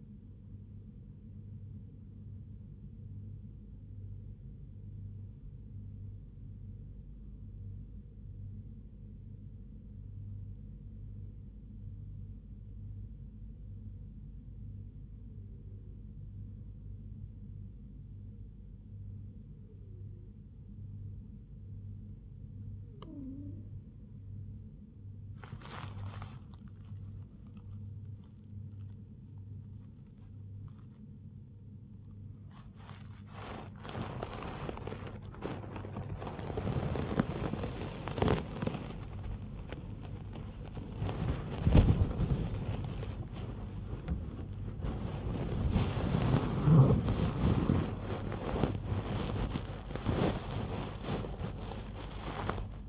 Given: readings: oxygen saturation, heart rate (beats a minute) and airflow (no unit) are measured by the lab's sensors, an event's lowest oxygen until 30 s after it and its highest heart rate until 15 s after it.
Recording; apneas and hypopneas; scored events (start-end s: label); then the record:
breathing in sleep by a smartphone at the bedside; 1
7.00-27.30 s: hypopnea (N2, oxygen 96% highest, then 94% lowest, heart rate 69 at the start, 82 highest)
29.00-52.89 s: new sleep stage, awake
From the record:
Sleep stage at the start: N2 (light sleep); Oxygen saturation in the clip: 94 to 97%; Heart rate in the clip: 69 to 91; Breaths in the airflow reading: 11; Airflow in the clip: -8.2 to 8.0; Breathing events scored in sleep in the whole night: 158 in 7.3 hours asleep